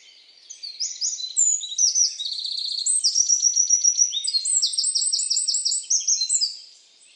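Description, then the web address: Bird song, a quick run of high, thin whistled notes mixed with rapid buzzy trills, phrases tumbling together for about six seconds before fading. "Deverinetal 2025 File origin Bird Only"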